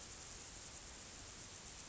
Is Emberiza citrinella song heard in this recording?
no